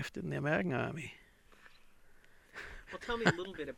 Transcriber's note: he laughs